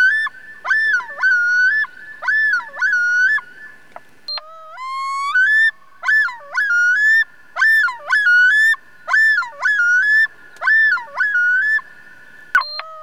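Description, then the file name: Loon yodel phrases repeating rhythmically, then a short pause, another rising wail and a fresh series of ringing phrases, with a sharp click near the end. "Loon Piper Burnham"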